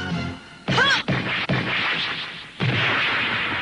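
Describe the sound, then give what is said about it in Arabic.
A loud, sharp thwack of a football being kicked hard in a long shot that carries the ball to the front of the goalkeeper, followed by further whacks and a long rushing whoosh as it flies, with a brief swooping tone early on. “يقوم عمر بتسديد رمية طويلة، وبهذه الرمية وصلت الكرة إلى أمام حارس المرمى.”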